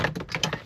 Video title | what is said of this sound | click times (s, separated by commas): Je test un autoradio EONON pour ma BMW e46 ! | Et vu qu'il est vissé là le poste, il se tire pas en bas, il est clipsé. | 0.4 s